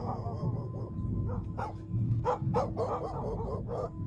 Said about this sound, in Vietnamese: Khi cả hai vừa đi vừa nói chuyện, bỗng nhiên văng vẳng đâu đây có tiếng chó cắn.